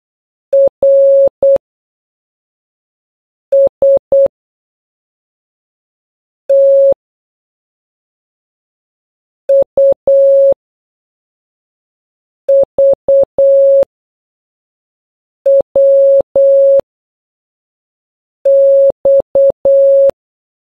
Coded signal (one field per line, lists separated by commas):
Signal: Morse code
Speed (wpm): 8 wpm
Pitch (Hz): 550 Hz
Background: none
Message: R S T U V W X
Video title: MORSE CODE ALPHABET - A to Z with beep sounds